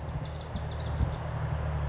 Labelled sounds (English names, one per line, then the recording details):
Pacific Wren
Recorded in Sonoma County, California